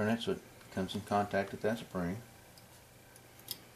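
Someone talks while handling the metal trigger bar of a Colt Woodsman pistol, turning it in the pistol frame so it meets its spring, followed by a brief faint tick near 3.5 s. The trigger bar has not snapped into place yet, and nothing has seated or clicked home.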